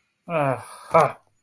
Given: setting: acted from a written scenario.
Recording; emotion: vocal sound without words; contempt